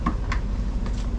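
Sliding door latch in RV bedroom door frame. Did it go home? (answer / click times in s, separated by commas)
no / none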